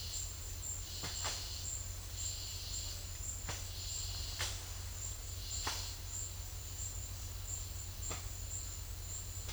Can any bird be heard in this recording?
no